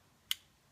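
A steel trigger pin is pushed home into a standard full-size Glock pistol frame while it is reassembled after an SSVi Tyr trigger swap. A single light, sharp, high-pitched click sounds at 0.3 s against near silence as the pin snaps into place around the slide lock spring. The pin is seated.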